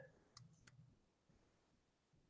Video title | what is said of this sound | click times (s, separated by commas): Formers Friday - Walgreen's Exclusive Wingspan and Cloudraker | like something snapped into place there so that's okay so we're starting to get we're starting to get that plain shape | 0.4 s